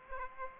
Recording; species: mosquito wingbeat signal from an infrared sensor; Aedes aegypti